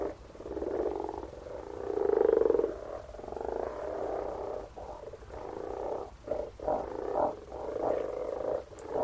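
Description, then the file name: Frog chorus of rough, rapidly pulsed croaks swelling louder around two seconds, then broken into choppier bursts toward the end. "Frogs - Frog voises Sounds captured"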